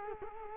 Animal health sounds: mosquito wingbeat signal from an infrared sensor; Culex quinquefasciatus

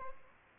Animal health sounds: mosquito wingbeat signal from an infrared sensor; Aedes albopictus

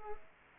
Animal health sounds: mosquito wingbeat signal from an infrared sensor; Culex quinquefasciatus

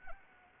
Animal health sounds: mosquito wingbeat signal from an infrared sensor; Anopheles arabiensis

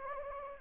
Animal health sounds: mosquito wingbeat signal from an infrared sensor; Anopheles gambiae

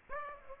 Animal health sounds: mosquito wingbeat signal from an infrared sensor; Aedes aegypti

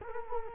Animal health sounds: mosquito wingbeat signal from an infrared sensor; Culex quinquefasciatus

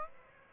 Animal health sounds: mosquito wingbeat signal from an infrared sensor; Aedes aegypti

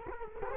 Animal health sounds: mosquito wingbeat signal from an infrared sensor; Culex quinquefasciatus

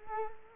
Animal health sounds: mosquito wingbeat signal from an infrared sensor; Culex quinquefasciatus

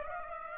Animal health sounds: mosquito wingbeat signal from an infrared sensor; Aedes aegypti

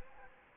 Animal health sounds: mosquito wingbeat signal from an infrared sensor; Aedes aegypti

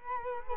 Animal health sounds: mosquito wingbeat signal from an infrared sensor; Culex quinquefasciatus

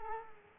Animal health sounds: mosquito wingbeat signal from an infrared sensor; Culex quinquefasciatus

